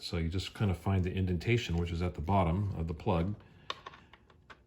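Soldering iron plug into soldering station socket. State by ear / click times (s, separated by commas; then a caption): seated / 3.7 s. Someone talks while lining up a LONOVE BK90 soldering iron's plug by the indentation at its bottom and pushing it into the soldering station's socket. At 3.7 s a sharp click is heard as the plug's ball bearing detent snaps it into place, followed by a few fainter clicks. The plug is seated.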